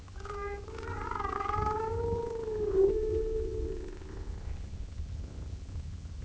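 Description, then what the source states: Cat giving one long, drawn-out meow lasting about four seconds, followed by quiet. Cat gently meowing and purring at long intervals.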